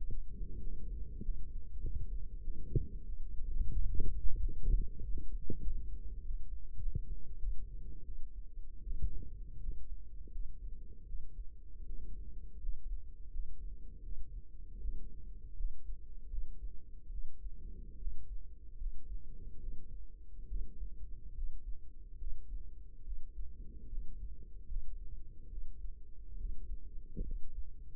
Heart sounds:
heart sounds by microphone in the right ear; 81 bpm
0.61 s: heartbeat
1.23 s: heartbeat
1.82 s: heartbeat
2.42 s: heartbeat
3.05 s: heartbeat
3.72 s: heartbeat
4.38 s: heartbeat
5.01 s: heartbeat
5.63 s: heartbeat
6.22 s: heartbeat
6.80 s: heartbeat
7.39 s: heartbeat
8.04 s: heartbeat
8.83 s: heartbeat
9.60 s: heartbeat
10.31 s: heartbeat
11.06 s: heartbeat
11.86 s: heartbeat
12.60 s: heartbeat
13.31 s: heartbeat
14.03 s: heartbeat
14.80 s: heartbeat
15.56 s: heartbeat
16.29 s: heartbeat
17.11 s: heartbeat
17.98 s: heartbeat
18.77 s: heartbeat
19.59 s: heartbeat
20.47 s: heartbeat
21.34 s: heartbeat
22.18 s: heartbeat
23.03 s: heartbeat
23.89 s: heartbeat
24.67 s: heartbeat
25.48 s: heartbeat
26.37 s: heartbeat
27.23 s: heartbeat
From the record:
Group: healthy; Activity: light exercise 0-2 s, rest 2-28 s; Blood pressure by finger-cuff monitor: 140/74 mmHg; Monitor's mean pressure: 94 mmHg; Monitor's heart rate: 79 bpm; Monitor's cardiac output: 6.8 L/min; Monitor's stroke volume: 87 mL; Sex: male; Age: 35 years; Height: 178 cm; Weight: 64 kg

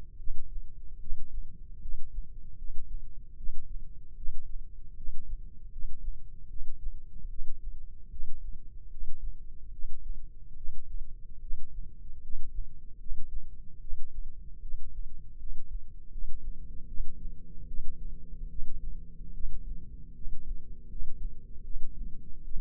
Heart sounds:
heart sounds by microphone in the left ear; 75 bpm
0.17 s: heartbeat
0.99 s: heartbeat
1.80 s: heartbeat
2.56 s: heartbeat
3.36 s: heartbeat
4.15 s: heartbeat
4.95 s: heartbeat
5.70 s: heartbeat
6.48 s: heartbeat
7.28 s: heartbeat
8.09 s: heartbeat
8.89 s: heartbeat
9.71 s: heartbeat
10.55 s: heartbeat
11.40 s: heartbeat
12.21 s: heartbeat
12.98 s: heartbeat
13.79 s: heartbeat
14.60 s: heartbeat
15.37 s: heartbeat
16.09 s: heartbeat
16.86 s: heartbeat
17.66 s: heartbeat
18.48 s: heartbeat
19.32 s: heartbeat
20.13 s: heartbeat
20.87 s: heartbeat
21.62 s: heartbeat
22.43 s: heartbeat
From the record:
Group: healthy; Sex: female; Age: 19 years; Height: 163 cm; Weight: 51 kg

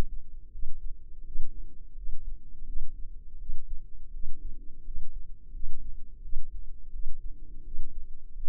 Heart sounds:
heart sounds by microphone in the left ear; 84 bpm
0.51 s: heartbeat
1.23 s: heartbeat
1.95 s: heartbeat
2.64 s: heartbeat
3.37 s: heartbeat
4.11 s: heartbeat
4.83 s: heartbeat
5.51 s: heartbeat
6.21 s: heartbeat
6.91 s: heartbeat
7.63 s: heartbeat
8.33 s: heartbeat
From the record:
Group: healthy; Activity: rest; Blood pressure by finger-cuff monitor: 120/64 mmHg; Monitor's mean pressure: 84 mmHg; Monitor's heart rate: 85 bpm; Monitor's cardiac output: 7.9 L/min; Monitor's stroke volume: 94 mL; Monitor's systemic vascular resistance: 780 dyn s/cm5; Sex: female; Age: 24 years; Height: 163 cm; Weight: 55.7 kg

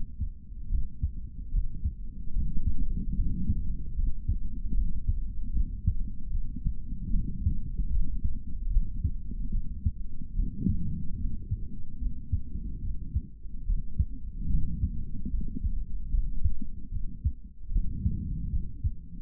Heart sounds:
heart sounds by stethoscope; 74 bpm
0.69 s: heartbeat
1.51 s: heartbeat
2.33 s: heartbeat
3.16 s: heartbeat
3.96 s: heartbeat
4.75 s: heartbeat
5.53 s: heartbeat
6.32 s: heartbeat
7.11 s: heartbeat
7.90 s: heartbeat
8.70 s: heartbeat
9.51 s: heartbeat
10.34 s: heartbeat
11.17 s: heartbeat
11.99 s: heartbeat
12.81 s: heartbeat
13.65 s: heartbeat
14.49 s: heartbeat
15.31 s: heartbeat
16.11 s: heartbeat
16.91 s: heartbeat
17.71 s: heartbeat
18.50 s: heartbeat
From the record:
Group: healthy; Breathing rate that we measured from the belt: 16 breaths a minute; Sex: male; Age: 55 years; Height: 167 cm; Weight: 57.2 kg

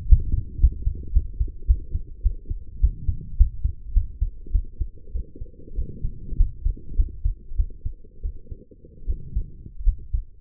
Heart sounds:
heart sounds by stethoscope; 98 bpm
0.09 s: heartbeat
0.61 s: heartbeat
1.13 s: heartbeat
1.67 s: heartbeat
2.23 s: heartbeat
2.81 s: heartbeat
3.38 s: heartbeat
3.94 s: heartbeat
4.52 s: heartbeat
5.13 s: heartbeat
5.76 s: heartbeat
6.38 s: heartbeat
6.97 s: heartbeat
7.57 s: heartbeat
8.22 s: heartbeat
9.07 s: heartbeat
9.85 s: heartbeat
From the record:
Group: healthy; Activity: rest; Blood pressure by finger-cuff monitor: 120/73 mmHg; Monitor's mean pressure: 85 mmHg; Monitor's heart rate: 103 bpm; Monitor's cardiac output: 7.7 L/min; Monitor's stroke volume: 73 mL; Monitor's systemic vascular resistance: 780 dyn s/cm5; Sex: female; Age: 23 years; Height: 160 cm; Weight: 50.4 kg

